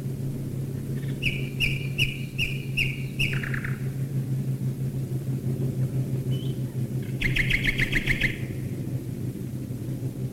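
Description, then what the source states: Common nightingale song: two phrases of rapid repeated notes separated by a long pause, over a steady low droning engine hum throughout. Nightingales singing while bombers fly overhead, 1942.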